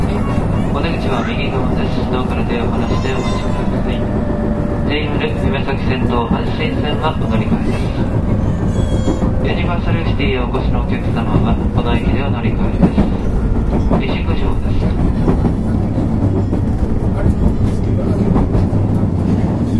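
A series 221 electric train runs along with a steady, dense rumble and low roar that holds level throughout. Voices of passengers or announcements recur in bursts over the noise, alongside faint rising and falling motor whines and brief bright squeals.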